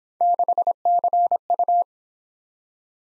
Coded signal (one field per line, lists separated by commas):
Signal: Morse code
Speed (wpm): 26 wpm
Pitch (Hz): 700 Hz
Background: none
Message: 6CU